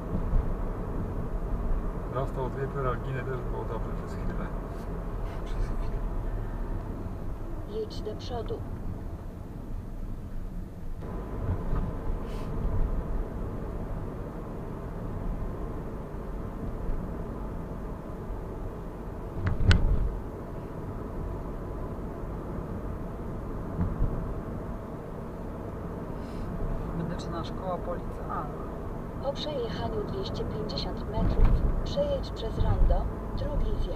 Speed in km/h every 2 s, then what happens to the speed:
46, 45, 43, 35, 38, 40, 41, 42, 42, 40, 39, 41, 43, 44, 44, 45, 43.
3-6 slows to 35. 6-13 speeds up to 42. 13-20 steady at about 40. 20-29 speeds up to 45.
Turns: none.